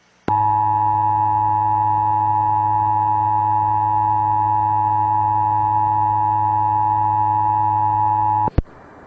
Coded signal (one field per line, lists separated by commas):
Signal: Emergency Alert System (SAME) tones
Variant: 853 and 960 Hz attention tone